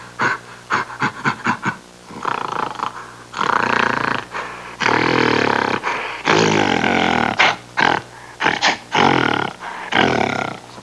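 Gorilla giving harsh, rasping roars and grunts in irregular bursts, some short and clipped, others drawn out over a second or more.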